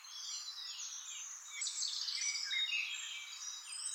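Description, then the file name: European robin song as a continuous high, shimmering warble of tinkling glides, swelling midway. "Erithacus rubecula"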